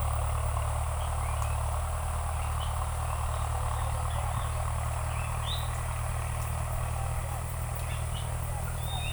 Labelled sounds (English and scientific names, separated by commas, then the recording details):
none
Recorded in forest near Pivijay, Magdalena, Colombia, on 2 June 2023 at 11:00
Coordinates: 10.467, -74.380
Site Z5-G034